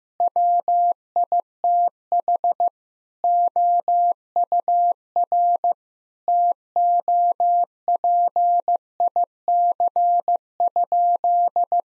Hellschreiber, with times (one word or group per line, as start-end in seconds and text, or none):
none